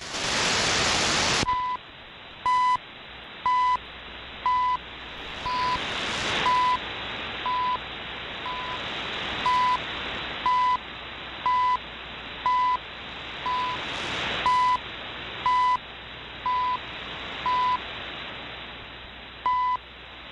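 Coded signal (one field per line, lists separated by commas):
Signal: radio time signal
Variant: CHU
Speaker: back to the Chinese MLA dirty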